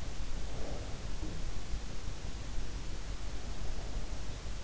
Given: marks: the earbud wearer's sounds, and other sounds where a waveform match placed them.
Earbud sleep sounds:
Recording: sounds in sleep by an in-ear microphone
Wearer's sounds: breath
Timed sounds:
0.08-1.77 s: breath

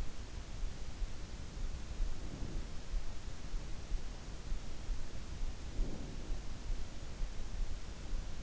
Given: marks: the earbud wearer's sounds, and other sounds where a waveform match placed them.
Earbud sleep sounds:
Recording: sounds in sleep by an in-ear microphone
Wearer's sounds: breath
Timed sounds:
2.04-3.07 s: breath
5.44-6.70 s: breath

